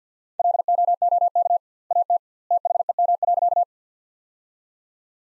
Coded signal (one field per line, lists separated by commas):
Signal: Morse code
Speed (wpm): 50 wpm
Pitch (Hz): 700 Hz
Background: none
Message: LOOK AT THEM.